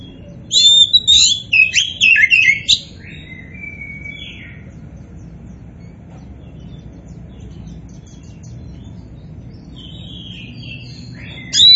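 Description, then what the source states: Oriental magpie-robin delivering a lively burst of mixed whistles and chirps, then a long quiet stretch with faint notes before the song resumes at the very end. A 'kacer poci' type magpie-robin described as 'gacor', the bird-keepers' term for a bird in full, continuous song.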